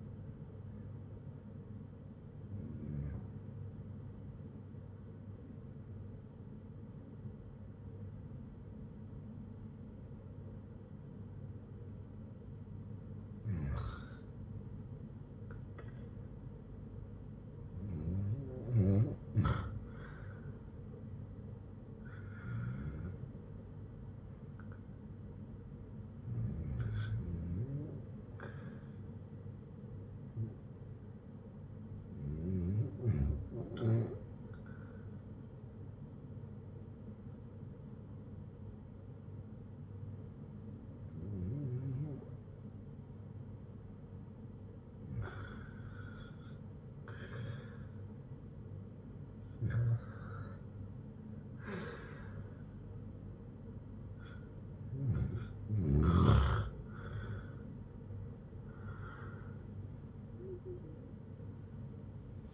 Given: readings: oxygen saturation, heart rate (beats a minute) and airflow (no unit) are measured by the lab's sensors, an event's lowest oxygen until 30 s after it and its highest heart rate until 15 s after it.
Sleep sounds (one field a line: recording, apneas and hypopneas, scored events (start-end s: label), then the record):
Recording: breathing in sleep by a smartphone at the bedside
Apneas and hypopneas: 1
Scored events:
35.00-58.10 s: hypopnea (REM, oxygen 95% highest, then 91% lowest, heart rate 62 at the start, 97 highest)
From the record:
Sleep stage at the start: REM sleep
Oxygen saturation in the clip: 90 to 96%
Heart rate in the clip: 60 to 76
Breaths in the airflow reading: 13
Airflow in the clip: -5.6 to 6.3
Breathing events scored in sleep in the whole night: 182 in 7.4 hours asleep